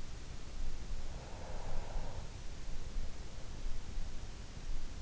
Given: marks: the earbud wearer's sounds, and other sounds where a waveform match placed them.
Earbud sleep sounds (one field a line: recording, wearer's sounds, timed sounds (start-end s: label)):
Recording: sounds in sleep by an in-ear microphone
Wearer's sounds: breath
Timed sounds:
0.85-3.05 s: breath